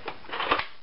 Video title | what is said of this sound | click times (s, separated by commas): S-M8 Spring rifle review | and then just pull back till it clicks and bring it back | 0.5 s